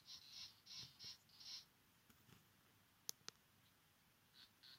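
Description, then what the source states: Sabana Surinam toad calls: a run of short high buzzy pulses early on, then sharp clicks and two more brief pulses near the end. Male vocalizations.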